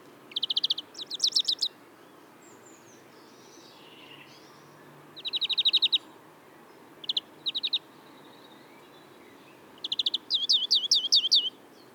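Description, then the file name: European greenfinch singing in short separated bursts of fast trilled notes, pausing between phrases. "Chloris chloris"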